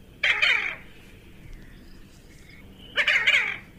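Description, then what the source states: Diving duck calls: two harsh, buzzy bursts separated by near silence. Chunky, medium-sized diving duck; played as a mystery bird for a contest.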